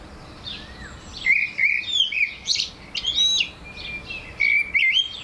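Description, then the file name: Eurasian blackbird calls: a faint note, then a run of bright chirped and warbled notes in several bursts. "Turdus merula"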